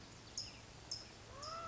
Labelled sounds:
California Towhee (Melozone crissalis)
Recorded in Sonoma County, California

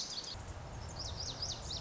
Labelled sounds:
Lazuli Bunting (Passerina amoena)
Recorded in Sonoma County, California

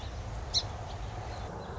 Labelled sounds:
Song Sparrow (Melospiza melodia)
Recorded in Sonoma County, California

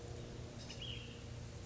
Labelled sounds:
Ash-throated Flycatcher (Myiarchus cinerascens)
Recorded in Sonoma County, California

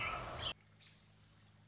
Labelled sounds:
American Robin (Turdus migratorius)
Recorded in Sonoma County, California

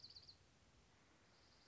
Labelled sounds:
Dark-eyed Junco (Junco hyemalis)
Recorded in Sonoma County, California

